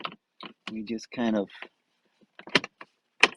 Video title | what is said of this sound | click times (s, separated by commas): Installing the euro cubby storage tray into a Volkswagen EOS VR6 | snap it in and then there's a little there's a little catch right there a little tab which | 2.6 s, 3.2 s